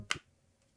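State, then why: Seated. The clutch focus ring on a Fujifilm 16mm f1.4 wide-angle camera lens is slid outward along the barrel to switch from manual focus to autofocus. It stops with a single sharp click at 0.1 s, followed by near silence. The ring is seated in the autofocus position.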